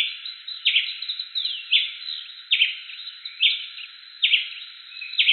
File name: canto do tie preto